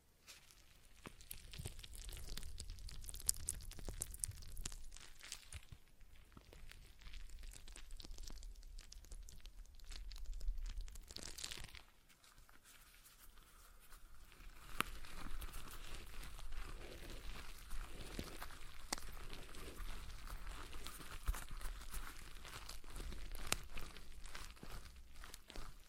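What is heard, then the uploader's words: A stress ball is squeezed and kneaded in dense crinkly, crunching bursts, with a quieter pause near twelve seconds before the squishing resumes. ASMR Relaxing Stress Ball Sounds (No Talking).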